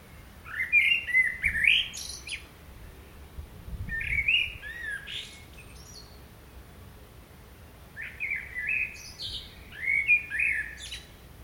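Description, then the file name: Common blackbird song: mellow warbled phrases with thin high twitters, given in three bursts with short pauses. "Turdus merula"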